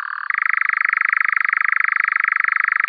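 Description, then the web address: European nightjar churring, a steady mechanical trill of rapid pulses that shifts slightly higher in pitch after a brief start, continuing unbroken. "Caprimulgus europaeus"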